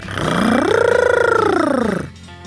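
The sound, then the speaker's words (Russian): A person imitates an animal growl: one loud, rough, pulsing voiced rumble lasting about two seconds, its pitch rising, holding, then sliding down before it cuts off, with no other sounds. “Рычать я буду только на того, кто у меня захочет конфетку или книжку отнять.”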